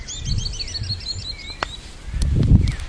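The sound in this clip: Bird calls: a quick run of high, thin chirps over the first two seconds, then a few scattered chirps, over low rumbling background noise.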